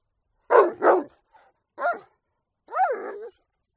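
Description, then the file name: Dog barking: two loud barks close together, a softer short bark, then a rising and falling whining yelp, with silence between sounds. "audio hero Dog"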